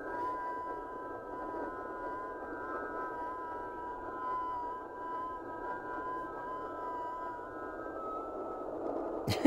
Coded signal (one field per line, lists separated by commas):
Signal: FT8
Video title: Internet Meets AM, FM & Shortwave Radio (SSB)? CHOYONG LC90